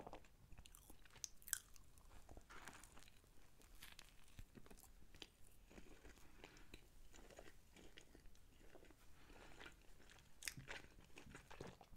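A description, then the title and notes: Wet chewing of a burger, with soft squelches and crunchy bites repeating every second or so in a steady rhythm. A sharper bite snaps near the start and another around ten seconds. Nothing else is behind. Eating A $1 Burger (ASMR EATING & DRINKING SOUNDS).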